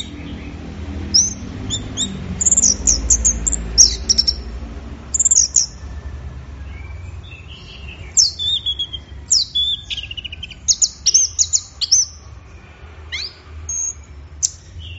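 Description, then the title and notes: Orange-headed thrush song: a rapid, varied run of high whistles, chirps and sharp notes in bursts, with a faint low hum beneath. Orange-headed thrush in full song (gacor teler), offered as a training recording for songbirds; from an offline thrush-sound collection. "Anis Merah Gacor Teler. Kumpulan Suara Burung Anis"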